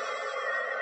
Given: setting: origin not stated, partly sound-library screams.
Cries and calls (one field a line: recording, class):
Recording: one-second piece from a danger detection set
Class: woman in danger